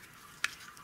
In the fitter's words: you're just going to pull the collar strap kind of forward pop